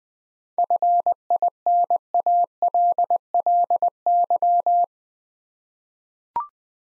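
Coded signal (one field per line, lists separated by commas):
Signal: Morse code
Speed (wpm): 20 wpm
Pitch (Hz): 700 Hz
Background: none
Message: FINALLY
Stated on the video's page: Morse practice at 20 wpm: seven-letter words for head-copy, each sent twice with spoken hints between.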